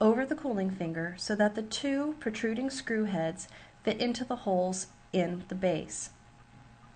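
The assembled anode chamber of a Rotofor electrophoresis focusing chamber is being slid over the cooling finger so its two protruding screw heads fit into the holes in the base. Someone talks throughout the clip. Nothing has seated or clicked yet.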